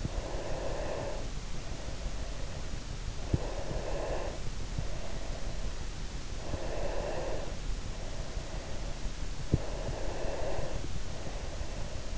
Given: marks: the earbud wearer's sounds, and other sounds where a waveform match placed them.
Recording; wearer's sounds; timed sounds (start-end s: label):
sounds in sleep by an in-ear microphone; breath
0.00-2.85 s: breath
3.50-5.84 s: breath
6.54-9.01 s: breath
9.71-12.18 s: breath